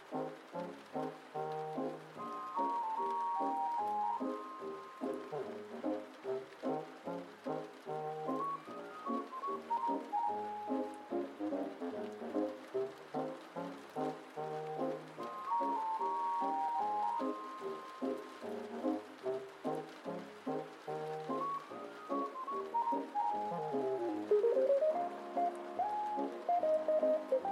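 Oldies music plays from another room, muffled and soft, with a steady beat and a clear melody line that rises and falls in repeated phrases. The sound stays mellow and lacks sharp highs, and a faint steady hiss runs underneath throughout.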